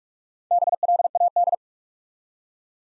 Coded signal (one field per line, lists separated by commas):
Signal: Morse code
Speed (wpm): 44 wpm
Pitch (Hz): 700 Hz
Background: none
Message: BLAD